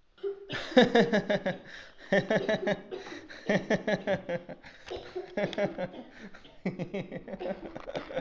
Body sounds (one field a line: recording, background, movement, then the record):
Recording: laughter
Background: a bystander coughing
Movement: sitting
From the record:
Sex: male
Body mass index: 22.0 kg/m2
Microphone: on the chest, facing outward